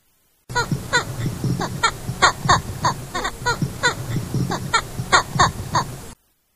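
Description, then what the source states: Eastern imperial eagle calls: short harsh barking notes repeated in a long, uneven series. Voice is unlike the screeching call film eagles are given; the guest called it not interesting.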